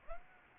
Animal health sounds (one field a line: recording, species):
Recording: mosquito wingbeat signal from an infrared sensor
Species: Aedes aegypti